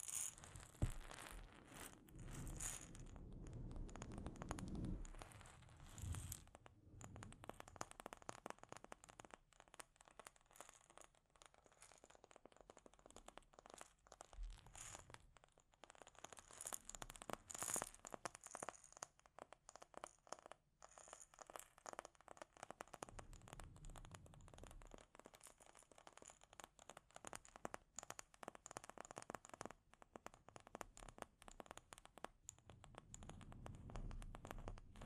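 Delicate scratching and tapping on a microphone runs without pause, a dense crackly texture of tiny clicks and rubs. Soft low thumps swell in around 1–4, 15–18, 24–26 and 32–35 seconds, while the fine scratching stays bright and busy throughout.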